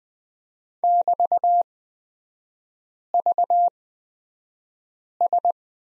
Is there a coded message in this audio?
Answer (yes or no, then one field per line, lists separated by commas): yes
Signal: Morse code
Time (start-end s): 0.8-5.5 s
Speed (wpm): 20 wpm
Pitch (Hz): 700 Hz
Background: none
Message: <BT>VS